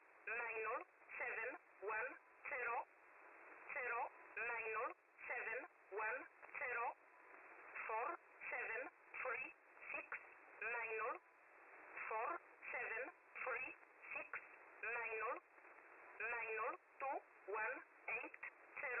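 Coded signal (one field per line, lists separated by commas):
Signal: numbers station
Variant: E11, English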